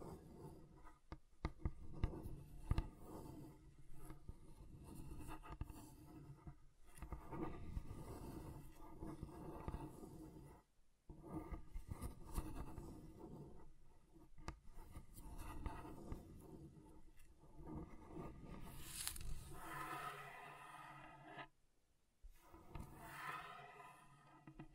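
Scratching on table surfaces, a dense, rough rasping that runs almost continuously with short pauses near 1, 11 and 22 seconds. The texture shifts as the surface changes, mostly low and gritty at first, then brighter and squeakier around 19 to 24 seconds.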